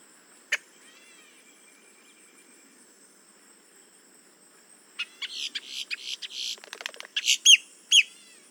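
Boat-tailed grackle song: a single sharp note, a faint whistled phrase, then a harsh stuttering rattle series ending in two loud sweeping notes.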